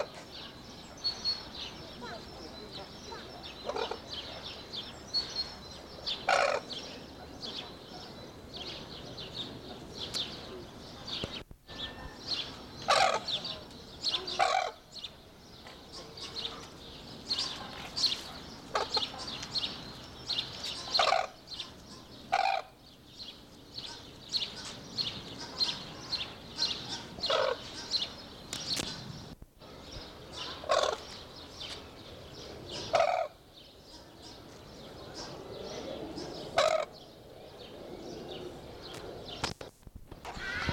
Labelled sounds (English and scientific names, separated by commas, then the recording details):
Sarus Crane (Grus antigone)
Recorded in captivity
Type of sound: long call
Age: adult
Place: Zoo Berlin, Berlin, DE
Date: 1986-05-02 11:11
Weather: sonnig, 17°C
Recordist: Tembrock, Günter
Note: Rauher Langlaut